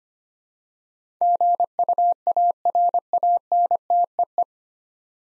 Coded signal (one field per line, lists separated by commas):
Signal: Morse code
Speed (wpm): 25 wpm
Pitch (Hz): 700 Hz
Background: none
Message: GUARANTEE